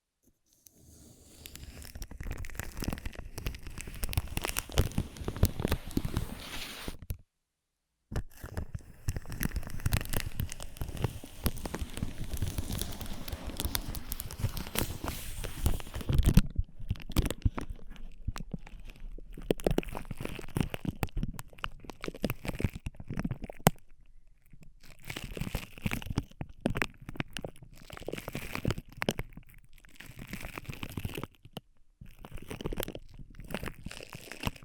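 Ear massage and cleaning sounds: dense, crinkly rubbing and crunching that runs nearly continuously, with brief dead silences around 7 and 16 seconds. After 16 seconds the rubbing turns choppier, coming in bursts separated by short pauses near 24 and 31 seconds.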